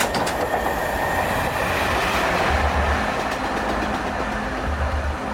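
train running on rails

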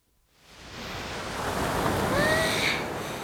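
ocean waves

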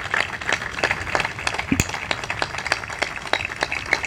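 audience applause

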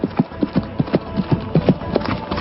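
horse hooves galloping away

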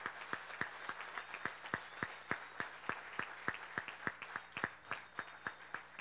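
audience applause

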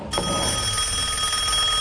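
telephone ringing

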